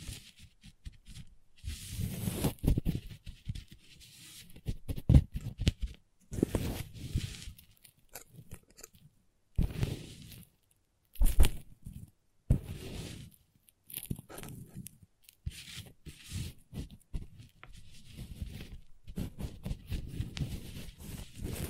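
Crayons scrape, tap and carve in short bursts separated by brief silences. The strokes sound gritty and crunchy, with a low rough body and scratchy top. Sharp taps land around 5, 11 and 14 seconds between the rhythmic rubbing passages.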